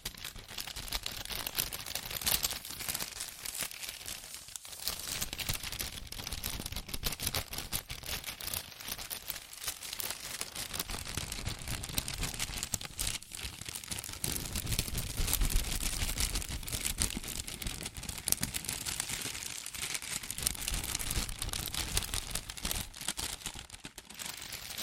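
Fast tapping, scratching and tracing on cardboard and paper, a dense, rapid patter of small hits over a continuous papery scratch. The texture is crisp and bright, stays busy and even throughout, with brief dips and lulls near 5 and 13 seconds.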